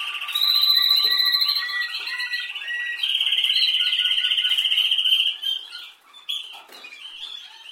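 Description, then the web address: Canary song: rapid bright trills and rolls that shift between pitches, one long buzzy roll in the middle, then broken twittering notes near the end. "Golchin Best Canari Seda Canari. Niyaz Music)"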